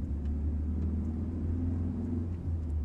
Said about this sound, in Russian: по звукам двигателя и трения шин об асфальт, Жан догадалась, что едут они по межгосударственному шоссе